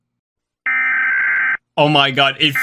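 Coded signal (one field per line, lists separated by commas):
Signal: Emergency Alert System (SAME) tones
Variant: header bursts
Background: speech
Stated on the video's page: Fictional EAS scenarios.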